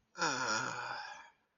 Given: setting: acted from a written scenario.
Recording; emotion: vocal sound without words; distress